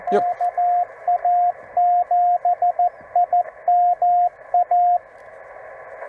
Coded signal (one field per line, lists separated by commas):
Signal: Morse code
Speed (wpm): 14 wpm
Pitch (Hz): 700 Hz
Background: speech, radio noise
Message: KA7IMA